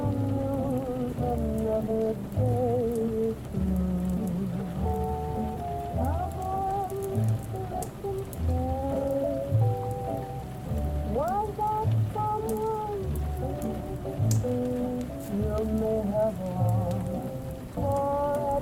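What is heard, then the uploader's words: Oldies music plays in another room, muffled, with sliding vocal or instrumental lines over a steady low bass beat that thumps every couple of seconds. A soft, constant hiss like light rain sits underneath, and the level stays even throughout. Oldies playing in another room.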